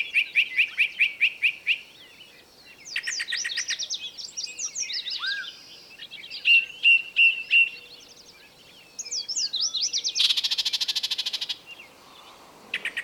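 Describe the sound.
Birds singing: fast repeated high chirps, warbled phrases, a few clear whistled notes, and a dense buzzy rattle near the end.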